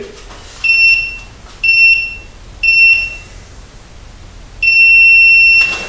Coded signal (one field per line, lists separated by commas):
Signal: none